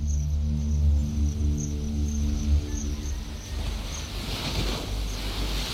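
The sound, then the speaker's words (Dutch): Steady wind and rushing sea waves on the shore of a flat island, with a low droning hum underneath, the surf swelling louder and hissier toward the end. No one speaks. “Hier aan zee kun je goed zien hoe plat het eiland is.”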